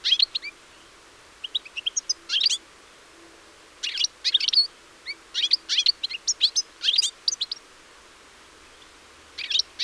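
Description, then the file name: European Goldfinch calling in scattered short groups of bright, high chirps with a few buzzy notes, spaced by short pauses. "Carduelis carduelis"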